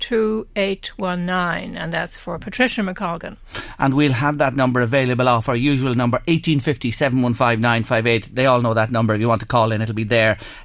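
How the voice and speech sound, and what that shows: Clear, fluent adult male speech reading out phone numbers at an even pace, with an ordinary voice.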